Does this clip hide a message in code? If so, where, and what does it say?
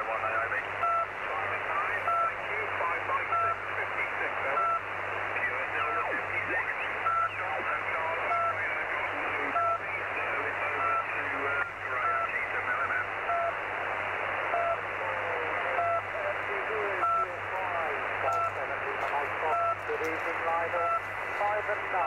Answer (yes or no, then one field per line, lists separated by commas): no